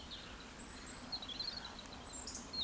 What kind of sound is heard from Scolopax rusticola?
whistle, croak